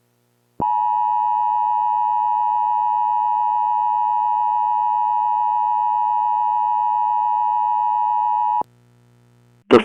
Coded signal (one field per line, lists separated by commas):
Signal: Emergency Alert System (SAME) tones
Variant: 853 and 960 Hz attention tone